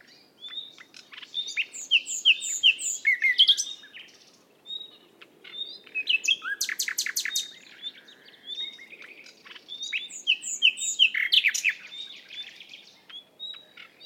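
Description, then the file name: Common nightingale song: quick sweeping whistles, dense rattling trills and staccato chirps in loud phrases separated by brief gaps. "Luscinia megarhynchos"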